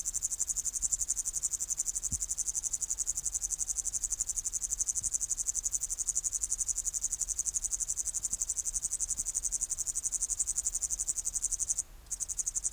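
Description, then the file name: Upland green bush-cricket song: a sustained, very high, rapidly pulsed buzz, steady throughout, with a brief pause near the end. "Tettigonia cantans"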